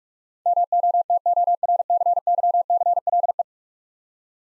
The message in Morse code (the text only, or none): MOTORCYCLE